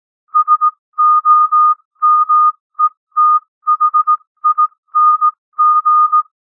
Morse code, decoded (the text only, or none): SOMETHING